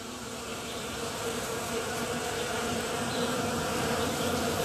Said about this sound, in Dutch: Als er een geluid is dat mij geruststelt, dan is het dit wel. Het heerlijke gezoem van bijen. Dan gaat het tenminste toch nog iets goed in onze Nederlandse natuur.